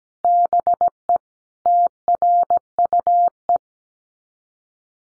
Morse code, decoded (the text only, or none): BE TRUE